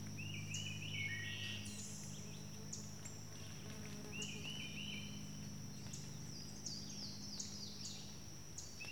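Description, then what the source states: Wood thrush song: clear, fluting phrases given a few times with short pauses, and thin, high trills, over a steady high insect drone and a low hum. In summer woods in July.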